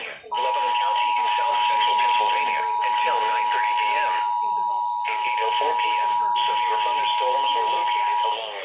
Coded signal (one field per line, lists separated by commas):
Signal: Emergency Alert System (SAME) tones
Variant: 853 and 960 Hz attention tone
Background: speech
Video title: EAS: Severe Thunderstorm Warning (10/31/19)(EAS #213)